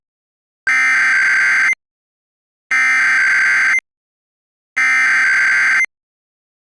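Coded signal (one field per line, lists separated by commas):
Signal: Emergency Alert System (SAME) tones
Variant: header bursts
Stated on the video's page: Mock Oregon statewide Required Monthly Test, a recreation with valid tones.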